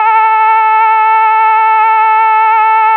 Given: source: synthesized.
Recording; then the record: sustained vowel /a/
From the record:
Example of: essential tremor